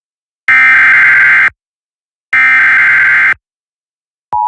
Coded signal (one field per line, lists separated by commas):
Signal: Emergency Alert System (SAME) tones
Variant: header bursts